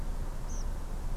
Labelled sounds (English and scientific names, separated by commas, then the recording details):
Tree Pipit (Anthus trivialis)
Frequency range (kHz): Tree Pipit (Anthus trivialis) 4.5-6.8 kHz
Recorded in France